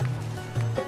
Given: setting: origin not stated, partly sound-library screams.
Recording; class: one-second piece from a danger detection set; normal situation